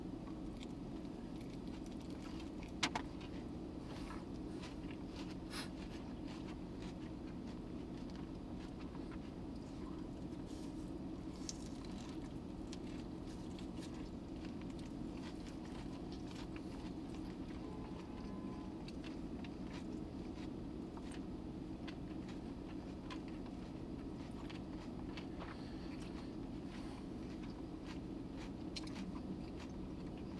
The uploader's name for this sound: Eating an Ordinary Hamburger